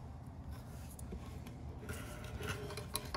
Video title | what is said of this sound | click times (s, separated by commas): Setting limits – Replacing the thermostats on a 2.4L 2014 Chrysler 200 | and that's it now it's locked in place and we're good to go on to the next step so | 3.0 s